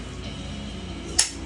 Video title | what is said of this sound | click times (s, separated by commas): #jeepwrangler #restoration #forsale #framework | There. If you heard the click, you're done. That's 140. | 1.2 s